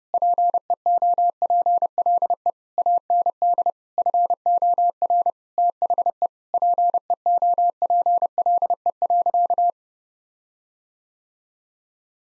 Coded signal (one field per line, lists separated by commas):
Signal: Morse code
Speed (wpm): 30 wpm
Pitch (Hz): 700 Hz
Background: none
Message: PEOPLE AND FOR THE PEOPLE.